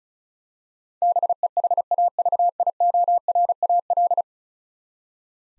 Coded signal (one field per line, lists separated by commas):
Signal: Morse code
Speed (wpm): 36 wpm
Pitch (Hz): 700 Hz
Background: none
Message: BEHAVIORAL